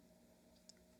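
A plastic attachment is pushed onto the head of a Philips Multigroom 3000 grooming trimmer over steady low background hum. A single short, sharp click at 0.7 s marks the attachment snapping into place, and it goes on much more easily than the one before.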